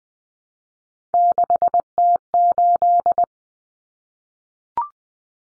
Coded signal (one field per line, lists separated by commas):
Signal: Morse code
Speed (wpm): 20 wpm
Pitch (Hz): 700 Hz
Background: none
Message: 6T8